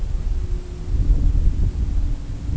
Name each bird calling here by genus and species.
none